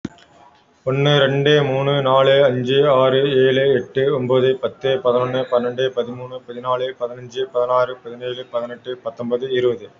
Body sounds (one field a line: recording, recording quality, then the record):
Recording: counting at a fast pace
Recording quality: excellent, no background noise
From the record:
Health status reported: respiratory illness, not identified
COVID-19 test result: negative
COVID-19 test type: RT-PCR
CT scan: taken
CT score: 0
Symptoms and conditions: cold, breathing difficulty, fatigue, muscle pain, chronic lung disease, another respiratory illness, hypertension, another condition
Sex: male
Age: 32 years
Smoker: no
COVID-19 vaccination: one dose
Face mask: worn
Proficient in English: yes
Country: India